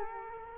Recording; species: mosquito wingbeat signal from an infrared sensor; Culex quinquefasciatus